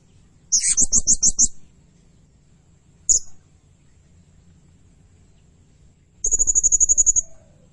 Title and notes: Burung Serindit Nembak Gacor. Suara Nasteran Dan Pemikat Burung Serinditan Gacor